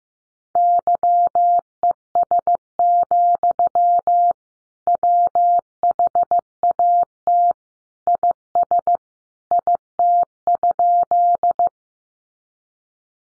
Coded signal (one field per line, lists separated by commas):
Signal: Morse code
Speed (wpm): 15 wpm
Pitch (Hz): 700 Hz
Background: none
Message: YES, WHAT IS IT?